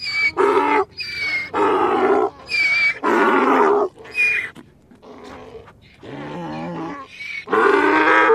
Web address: donkey